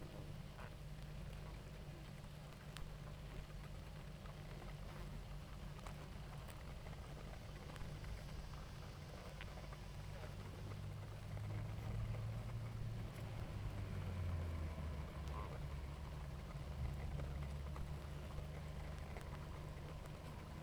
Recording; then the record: honeybee colony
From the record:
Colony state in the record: active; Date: 28 July 2017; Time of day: 18:44